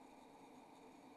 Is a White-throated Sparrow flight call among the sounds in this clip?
no